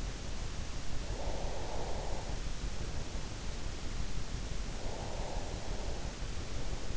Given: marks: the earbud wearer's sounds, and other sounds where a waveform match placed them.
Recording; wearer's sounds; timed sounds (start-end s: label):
sounds in sleep by an in-ear microphone; breath
1.15-3.09 s: breath
4.80-6.81 s: breath